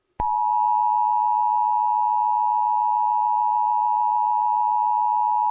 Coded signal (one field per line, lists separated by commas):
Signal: Emergency Alert System (SAME) tones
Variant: 853 and 960 Hz attention tone